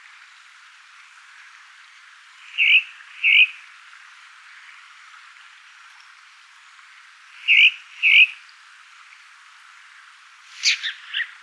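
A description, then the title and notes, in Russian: A thrush calls in paired notes: two clear whistles near 2.7 and 3.3 seconds, another matching pair around 7.6 and 8.1 seconds, then a quick rising chirpy phrase near 10.7 seconds. Between calls there is a faint, steady airy hiss and otherwise quiet. Звуки дрозда. Все аудио были записаны в реальных условиях дикой природы с помощью профессиональных диктофонов. Веселое чириканье, нежное пение и утренняя трель, издаваемая дроздами.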